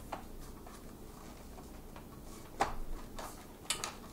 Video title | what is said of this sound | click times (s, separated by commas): Bakcou Flatlander E-Bike Unboxing Video | Oh yeah. Looks like it just snaps right in place there. | 3.7 s, 3.8 s